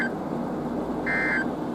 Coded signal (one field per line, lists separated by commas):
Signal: Emergency Alert System (SAME) tones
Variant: end-of-message bursts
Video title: Two In One Combo - EAS Alerts From 6/14/2022 & 6/16/2022 (EAS #35-46)